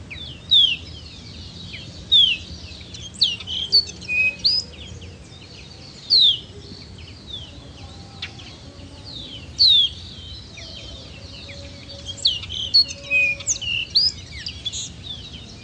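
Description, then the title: Baywing chatter: repeated clusters of high whistles and short slurred chirps in irregular bursts separated by pauses, over faint steady background noise. "LuckyPassaro Completos2Sama. Baywing (Agelaioides badius)"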